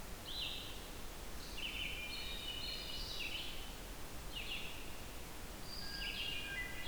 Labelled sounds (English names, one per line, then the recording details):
Red-eyed Vireo song
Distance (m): 70 m
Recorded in boreal forest in Alberta, Canada, on 28 June 2016 at 07:12
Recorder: SongMeter 3, array SBT-6-79
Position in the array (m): 121 m, 191 m